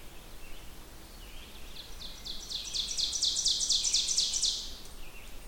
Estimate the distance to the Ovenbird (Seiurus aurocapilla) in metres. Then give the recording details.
about 20 m. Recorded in boreal forest in Alberta, Canada, on 16 June 2016 at 08:05. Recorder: SongMeter 3, array SBT-3-32. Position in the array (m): 142 m, 27 m. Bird 36